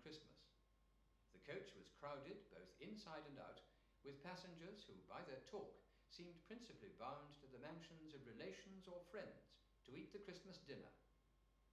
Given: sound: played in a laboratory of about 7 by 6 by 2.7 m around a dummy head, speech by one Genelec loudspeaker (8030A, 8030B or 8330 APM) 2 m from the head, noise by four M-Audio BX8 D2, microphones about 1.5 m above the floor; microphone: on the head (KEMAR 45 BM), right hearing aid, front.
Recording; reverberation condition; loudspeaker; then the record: male speech in English; medium; 90 degrees to the right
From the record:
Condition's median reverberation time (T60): about 510 ms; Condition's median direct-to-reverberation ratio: about -0.5 dB